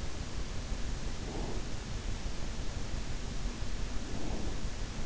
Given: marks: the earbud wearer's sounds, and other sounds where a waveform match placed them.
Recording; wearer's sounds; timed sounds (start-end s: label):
sounds in sleep by an in-ear microphone; breath
1.20-1.68 s: breath
4.01-4.62 s: breath